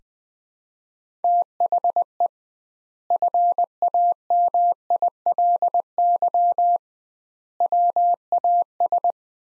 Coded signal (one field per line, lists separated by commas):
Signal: Morse code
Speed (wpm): 19 wpm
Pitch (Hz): 700 Hz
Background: none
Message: THE FAMILY WAS